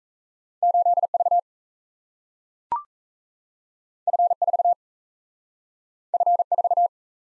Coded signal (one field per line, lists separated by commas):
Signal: Morse code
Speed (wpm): 38 wpm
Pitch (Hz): 700 Hz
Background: none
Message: 8V F4 F4